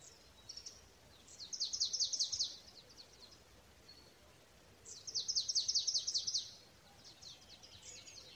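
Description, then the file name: Marsh tit giving two rapid bursts of high, sharp repeated notes separated by a pause, over a steady low background hiss. "Poecile palustris"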